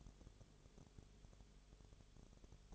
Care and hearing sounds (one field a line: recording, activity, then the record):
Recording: daily activity, microphone in the room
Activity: no activity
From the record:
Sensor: 4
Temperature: 22.0 degrees Celsius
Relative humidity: 29.4%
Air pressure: 1002.1 hPa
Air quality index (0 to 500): 60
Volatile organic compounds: 1 ppm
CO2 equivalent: 610 ppm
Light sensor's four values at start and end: 2/3/1/1 and 2/3/1/1